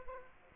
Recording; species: mosquito wingbeat signal from an infrared sensor; Aedes aegypti